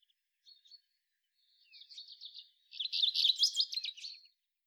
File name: Fringilla coelebs